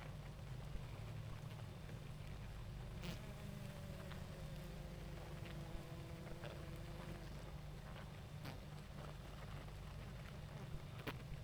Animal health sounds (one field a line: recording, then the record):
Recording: honeybee colony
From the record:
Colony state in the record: active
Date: 28 July 2017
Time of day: 19:55